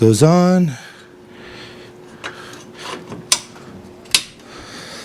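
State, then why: Seated. Someone talks briefly as a metal motorcycle luggage rack is pushed onto the quick-release points of its docking hardware, with soft scraping and handling sounds. Two sharp, loud clicks ring out at 3.3 s and 4.2 s as the quick-release rack latches click home, seating the rack.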